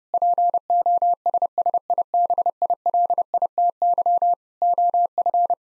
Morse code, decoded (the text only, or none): POSSIBILITY OF